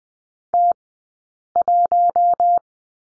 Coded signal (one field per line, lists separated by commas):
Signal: Morse code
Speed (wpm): 20 wpm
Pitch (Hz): 700 Hz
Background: none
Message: T1